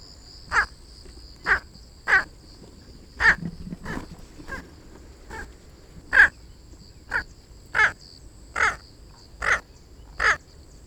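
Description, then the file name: Squacco heron giving harsh, croaking calls, short rasping notes repeated many times across the whole stretch. "rallhager"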